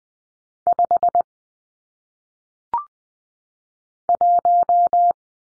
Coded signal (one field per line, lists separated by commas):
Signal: Morse code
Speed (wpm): 20 wpm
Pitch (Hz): 700 Hz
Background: none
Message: 5 1